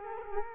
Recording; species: mosquito wingbeat signal from an infrared sensor; Culex quinquefasciatus